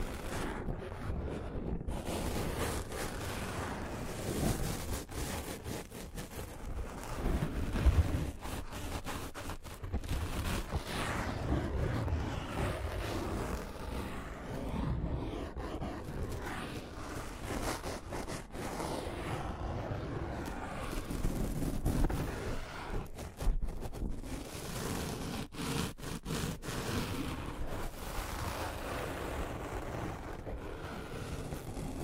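Scratching and tracing noises run without pause for the whole stretch, a dense, rough rumble heavy in the lows. Many quick dry scrapes and clicks flicker through it irregularly, with slightly louder pushes near 8, 15 and 23 seconds.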